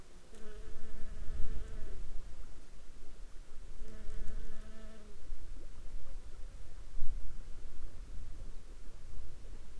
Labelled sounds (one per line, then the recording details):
water
insects
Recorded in the Prudhoe Bay oil fields, Alaska, on 7 July 2021 at 13:24
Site 21